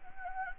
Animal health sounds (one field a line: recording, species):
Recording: mosquito wingbeat signal from an infrared sensor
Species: Anopheles gambiae